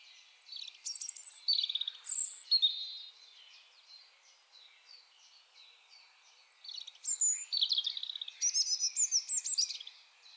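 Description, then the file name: European robin song: two bursts of high, thin, varied warbling phrases with sliding whistles and trills, separated by a pause filled with faint, evenly repeated ticking notes. "Erithacus rubecula"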